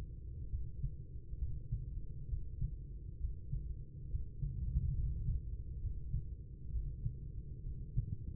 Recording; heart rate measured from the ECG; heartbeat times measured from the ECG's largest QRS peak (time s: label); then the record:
heart sounds by stethoscope; 67 bpm
0.49 s: heartbeat
1.38 s: heartbeat
2.28 s: heartbeat
3.19 s: heartbeat
4.09 s: heartbeat
4.94 s: heartbeat
5.80 s: heartbeat
6.71 s: heartbeat
7.62 s: heartbeat
From the record:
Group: healthy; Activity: breath hold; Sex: female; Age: 43 years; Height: 160 cm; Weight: 90 kg